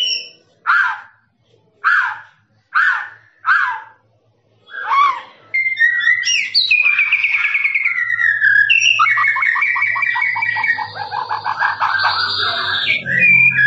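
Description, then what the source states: Lovebird song: several separate harsh chirps, then a long unbroken stream of rapid trilling and chattering notes. Long "ngekek" trilling song, used as a master recording for training birds.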